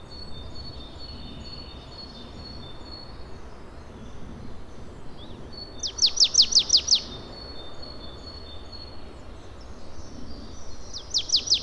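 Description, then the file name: Marsh tit calls come in two short bursts of rapid, high, downslurred notes, the first group of about six midway through, another at the end, with faint thin tones earlier. "Poecile palustris"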